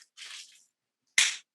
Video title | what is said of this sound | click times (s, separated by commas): CERTCON 2021: Until Help Arrives | i'm gonna pull until you hear a click okay let's see can you | 1.2 s